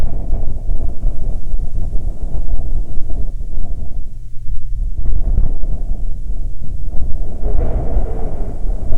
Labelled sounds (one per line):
wind